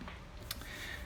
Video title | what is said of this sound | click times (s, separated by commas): BMW R NINE T - Tail Cover Installation | I just have a feeling it's kind of barely holds in there um it's not really closed so | 0.5 s